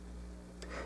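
A plastic Transformers The Last Knight Leader Class Megatron action figure is handled during its transformation, with its cannon being slid in so the plastic panels will lock into place. A low steady hum runs throughout, with a brief bright handling noise at about 0.6 s and slightly louder rustling afterward. Nothing has seated or clicked yet.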